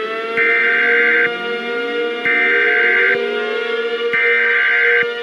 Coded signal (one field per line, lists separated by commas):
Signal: Emergency Alert System (SAME) tones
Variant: header bursts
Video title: EAS Scenario - Overdue Solar Strike